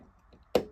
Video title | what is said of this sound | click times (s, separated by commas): REVELL BRICK SYSTEM U-96 FULL REVIEW!! | There you go. You hear the click. | 0.5 s